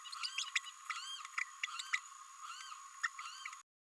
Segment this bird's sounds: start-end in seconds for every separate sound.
0.38-0.44, 0.55-0.59, 1.93-1.99, 3.03-3.08